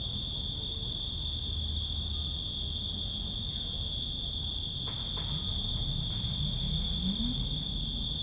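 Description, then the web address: Insects in a steady piercing drone, with a couple of sharp clicks near the middle and a low tone rising in pitch toward the end over low rumble. Loud insects in nature, recorded on Zakynthos. "allathangok termeszetben rovarok szunyogeshangosrovarok emberesmotorizacio zakynthos"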